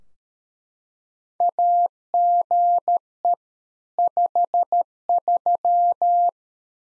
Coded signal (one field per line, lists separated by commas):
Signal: Morse code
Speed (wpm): 13 wpm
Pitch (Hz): 700 Hz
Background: none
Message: AGE 53